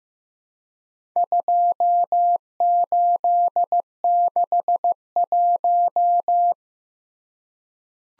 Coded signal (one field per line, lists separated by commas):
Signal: Morse code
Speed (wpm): 15 wpm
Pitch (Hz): 700 Hz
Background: none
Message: 2861